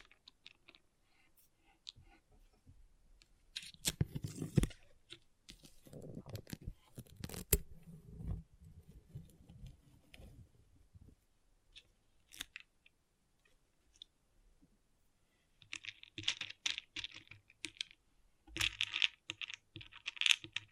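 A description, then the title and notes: Pixel art beads clatter and rattle in irregular bursts, with dense low shuffling around four to ten seconds and brighter clicking near the end. ASMR Relaxing Pixel Art Beads ( No Talking).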